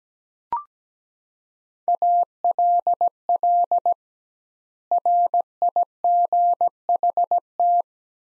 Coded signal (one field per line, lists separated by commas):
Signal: Morse code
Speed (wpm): 17 wpm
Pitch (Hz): 700 Hz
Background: none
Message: ALL RIGHT